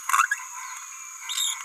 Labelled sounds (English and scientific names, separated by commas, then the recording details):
Green-rumped Parrotlet (Forpus passerinus) babbling
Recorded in a nest box in Venezuela
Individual 18B17A4